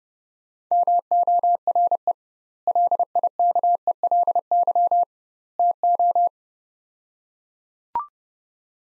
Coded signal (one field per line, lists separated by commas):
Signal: Morse code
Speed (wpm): 30 wpm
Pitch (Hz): 700 Hz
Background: none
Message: MORE LIKELY TO